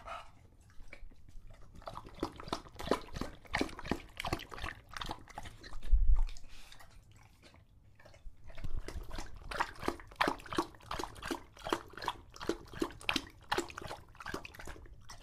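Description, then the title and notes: English Bulldog lapping water in quick wet strokes, a loud low bump and a short pause in the middle, then lapping resumes. Male English Bulldog named Lucho drinking from a water bowl after a long walk, heavily out of breath between drinks. "English Bulldog Drinks from Water Bowl. listen to Lucho the English Bulldog as he tries to drink water after a long walk. Don't let his heavy breathing fool you in between drinks, he's equally out of breath from the walk"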